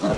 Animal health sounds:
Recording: pig call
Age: piglet (1 to 25 days)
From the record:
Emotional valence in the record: positive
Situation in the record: after nursing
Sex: male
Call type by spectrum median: low-frequency call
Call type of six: low-frequency stable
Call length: 0.18 s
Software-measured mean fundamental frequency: 74 Hz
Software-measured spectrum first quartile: 249 Hz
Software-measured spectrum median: 502 Hz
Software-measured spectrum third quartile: 847 Hz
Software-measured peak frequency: 190 Hz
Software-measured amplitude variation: 102 dB a second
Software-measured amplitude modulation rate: 14.1 a second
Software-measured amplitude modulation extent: 7.2 dB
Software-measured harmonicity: 1.5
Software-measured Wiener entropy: -0.65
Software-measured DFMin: 975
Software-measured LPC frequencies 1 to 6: 584, 1301, 2399, 2960, 3990, 5831 Hz

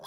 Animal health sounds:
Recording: pig call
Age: piglet (1 to 25 days)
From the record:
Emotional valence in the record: negative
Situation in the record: long isolation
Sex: male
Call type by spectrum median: low-frequency call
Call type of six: mixed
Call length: 0.06 s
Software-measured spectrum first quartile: 787 Hz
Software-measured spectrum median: 1880 Hz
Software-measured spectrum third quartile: 4982 Hz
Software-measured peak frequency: 625 Hz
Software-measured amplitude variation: 38 dB a second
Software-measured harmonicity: 1.6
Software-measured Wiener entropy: -3.77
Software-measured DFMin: 637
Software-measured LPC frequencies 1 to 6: 753, 3404, 3838, 4470, 5163, 5962 Hz

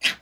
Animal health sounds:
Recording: pig call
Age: piglet (1 to 25 days)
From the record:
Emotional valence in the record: negative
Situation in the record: castration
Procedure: castration, fixation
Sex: male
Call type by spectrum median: high-frequency call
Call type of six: low-frequency tonal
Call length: 0.22 s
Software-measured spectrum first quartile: 2365 Hz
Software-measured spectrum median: 2957 Hz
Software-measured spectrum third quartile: 3846 Hz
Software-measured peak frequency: 2725 Hz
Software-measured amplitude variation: 253 dB a second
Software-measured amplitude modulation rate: 2.3 a second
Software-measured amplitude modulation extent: 111.9 dB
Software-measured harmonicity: 2.1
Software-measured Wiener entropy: -1.13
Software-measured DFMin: 557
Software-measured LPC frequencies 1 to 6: 1911, 2641, 3141, 3832, 4884, 6463 Hz

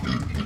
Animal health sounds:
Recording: pig call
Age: growing-finishing pig (85 days or more)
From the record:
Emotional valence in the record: positive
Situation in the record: run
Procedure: transit

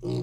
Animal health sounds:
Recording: pig call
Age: weaner (32 to 43 days)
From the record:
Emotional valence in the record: negative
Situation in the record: short isolation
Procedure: open field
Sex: female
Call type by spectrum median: low-frequency call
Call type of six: low-frequency stable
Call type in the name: low-frequency stable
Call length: 0.23 s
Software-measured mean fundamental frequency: 61 Hz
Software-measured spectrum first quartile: 136 Hz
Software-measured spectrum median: 279 Hz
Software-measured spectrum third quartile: 440 Hz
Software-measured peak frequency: 346 Hz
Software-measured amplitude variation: 121 dB a second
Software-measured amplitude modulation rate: 33.0 a second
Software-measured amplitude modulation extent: 3.7 dB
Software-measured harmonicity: 2.3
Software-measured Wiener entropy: -0.35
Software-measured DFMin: 1261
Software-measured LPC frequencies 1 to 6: 344, 2371, 2875, 3906, 4371, 4924 Hz

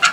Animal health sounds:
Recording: pig call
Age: piglet (1 to 25 days)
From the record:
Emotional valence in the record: positive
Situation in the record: before nursing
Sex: female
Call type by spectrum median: low-frequency call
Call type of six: low-frequency tonal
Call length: 0.13 s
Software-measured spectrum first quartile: 1420 Hz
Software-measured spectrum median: 2184 Hz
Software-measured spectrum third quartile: 3699 Hz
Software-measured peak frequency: 1404 Hz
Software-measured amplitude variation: 120 dB a second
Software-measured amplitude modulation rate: 3.9 a second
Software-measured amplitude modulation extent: 31.2 dB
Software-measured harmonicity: 4.1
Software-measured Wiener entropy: -1.74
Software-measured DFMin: 827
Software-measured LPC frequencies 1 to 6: 1395, 2162, 2767, 3908, 4504, 5484 Hz

